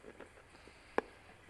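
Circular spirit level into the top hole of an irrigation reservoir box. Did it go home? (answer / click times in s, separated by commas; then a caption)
yes / 1.0 s. A circular plastic spirit level is pushed by hand into the hole in the top of a plastic AutoPot AQUAbox Straight irrigation reservoir box, where it helps show whether the box is level. Faint, soft handling sounds come first, then a single sharp, bright click at 1.0 s as the level seats firmly in its housing.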